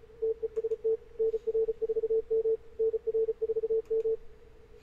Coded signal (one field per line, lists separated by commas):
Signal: Morse code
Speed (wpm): 36 wpm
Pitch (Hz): 450 Hz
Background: radio noise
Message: TEST NR4M NR4M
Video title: N1MM+ Flex 6700 contest example CQ WPX CW 2017